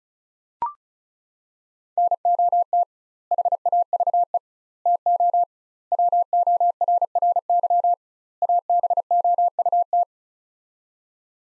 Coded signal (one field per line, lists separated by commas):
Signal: Morse code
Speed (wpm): 36 wpm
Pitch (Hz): 700 Hz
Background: none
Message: NOT HAVE TO WORRY ABOUT